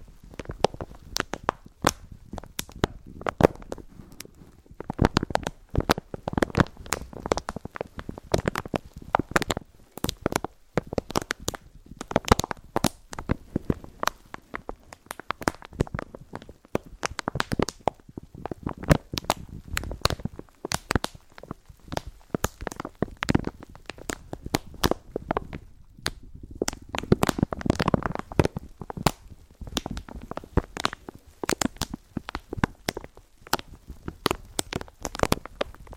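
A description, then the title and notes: Gentle crinkling runs steadily throughout, a dense stream of soft, irregular crackles with occasional slower swells and brighter snaps. ASMR Slow & Gentle Crinkle Triggers. (No Talking).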